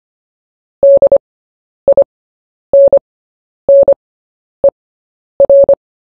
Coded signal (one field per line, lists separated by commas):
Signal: Morse code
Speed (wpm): 25 wpm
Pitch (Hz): 560 Hz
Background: none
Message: DINNER